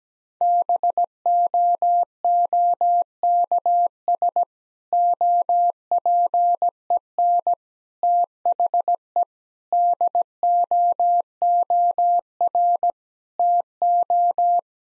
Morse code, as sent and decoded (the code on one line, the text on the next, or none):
-... --- --- -.- ... / --- .--. . -. / - .... . / -.. --- --- .-. / - ---
BOOKS OPEN THE DOOR TO